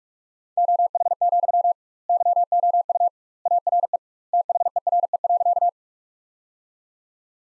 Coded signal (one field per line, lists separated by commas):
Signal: Morse code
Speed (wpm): 46 wpm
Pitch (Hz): 700 Hz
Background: none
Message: OH, YOU ARE THERE.